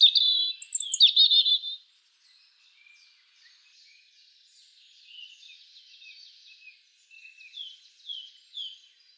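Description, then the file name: European robin song: a loud burst of high, tumbling whistled notes at the start, then quieter thin twittering phrases and soft warbles through the rest. "Erithacus rubecula"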